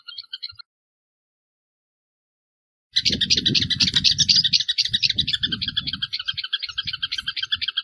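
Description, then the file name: Anarilho-do-campo delivering a brief phrase, then after a pause a loud, sustained string of rapid high chirping notes, with a low scratchy rumble beneath. "Canto do anarilho do campo"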